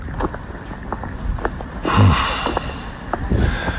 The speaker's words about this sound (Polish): Oddycham świeżym nocnym powietrzem. Nie ma ludzi, to więcej powietrza.